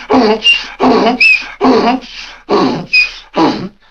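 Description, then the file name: Donkey bray with a steady see-saw rhythm, rough low bursts alternating with higher squeaky notes, about five cycles in four seconds. "Burro"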